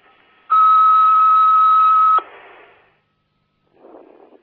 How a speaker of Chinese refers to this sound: 如果你揾我嘅话咧，仲要 beep 一声之后咧，留低你嘅 message。